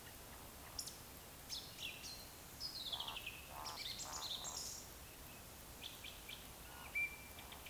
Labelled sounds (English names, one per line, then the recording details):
Eurasian Woodcock
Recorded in Baden-Württemberg, Germany, on 11 June 2021 at 20:01 UTC
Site 45520, 595 m above sea level